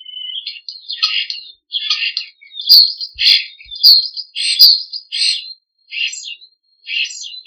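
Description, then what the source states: Common Starling song with mimicry: a run of varied chattering, squeaky and whistled phrases, each roughly half a second, in a quick irregular series. Starling song imitating the songs and calls of other birds.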